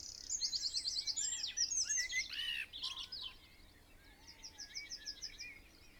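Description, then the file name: Eurasian wren song: rapid high-pitched trills and twittering phrases, a loud burst followed by a softer, repeated trill; faint background noise. "Troglodytes troglodytes"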